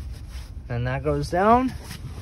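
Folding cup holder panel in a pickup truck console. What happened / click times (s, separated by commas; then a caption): Handled, not yet home: no seating click is heard / none. Someone talks while handling the plastic folding cup holder panel in the console of a 2019 Ford F150 XL STX pickup truck as it is folded down toward the console, over a low background rumble. Nothing has seated or clicked yet.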